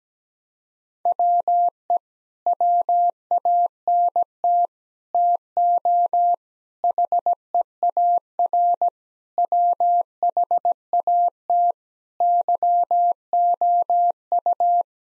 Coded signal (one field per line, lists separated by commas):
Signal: Morse code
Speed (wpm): 17 wpm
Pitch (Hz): 700 Hz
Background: none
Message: WE WANT TO HEAR WHAT YOU